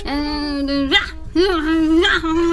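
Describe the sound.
A person acting out the dog in a comedy skit imitates a whimpering dog with two long, nasal, wavering whines separated by a brief pause, the pitch sliding up and down and staying fairly loud throughout.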